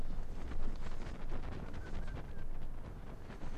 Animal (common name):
Arctic Fox